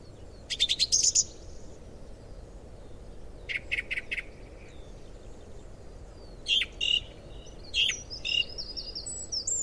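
Song thrush singing short phrases of repeated notes separated by pauses, followed by more varied phrases.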